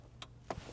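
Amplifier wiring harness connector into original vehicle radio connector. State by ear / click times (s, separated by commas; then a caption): seated / 0.2 s, 0.5 s. An amplifier wiring harness connector is pushed into the original radio connector of a 2024 Toyota Sequoia. Two short, sharp clicks sound at about 0.2 s and 0.5 s over a low steady hum. The connector seats.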